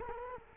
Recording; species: mosquito wingbeat signal from an infrared sensor; Culex quinquefasciatus